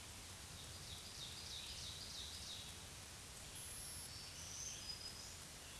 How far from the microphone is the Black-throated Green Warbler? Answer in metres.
about 35 m